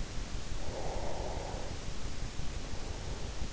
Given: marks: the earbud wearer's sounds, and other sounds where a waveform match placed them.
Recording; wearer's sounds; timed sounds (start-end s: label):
sounds in sleep by an in-ear microphone; breath
0.45-3.53 s: breath